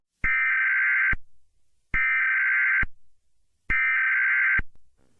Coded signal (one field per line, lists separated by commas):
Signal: Emergency Alert System (SAME) tones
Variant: header bursts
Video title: When EAS Alarms 1